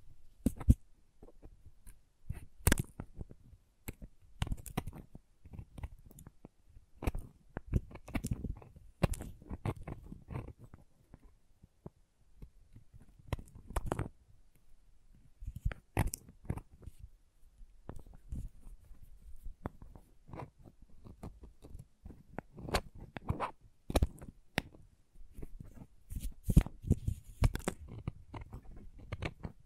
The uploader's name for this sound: Crayons Tapping, Carving, Cutting, Drawing Sounds